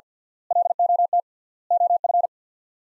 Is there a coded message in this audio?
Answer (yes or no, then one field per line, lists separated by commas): yes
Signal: Morse code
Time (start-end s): 0.5-2.3 s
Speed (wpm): 48 wpm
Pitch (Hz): 700 Hz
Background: none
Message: LOT OF